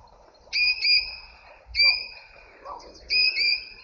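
Cape parrot uttering three rasping screeches about a second apart, over a faint low hum.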